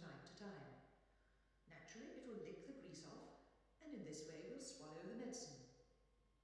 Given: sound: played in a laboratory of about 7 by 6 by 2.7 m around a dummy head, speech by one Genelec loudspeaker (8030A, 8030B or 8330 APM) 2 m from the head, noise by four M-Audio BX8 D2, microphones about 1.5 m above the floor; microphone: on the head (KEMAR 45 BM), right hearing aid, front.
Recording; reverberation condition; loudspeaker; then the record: female speech in English; high; in front (0 degrees)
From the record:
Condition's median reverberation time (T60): about 1300 ms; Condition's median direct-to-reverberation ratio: about -4.0 dB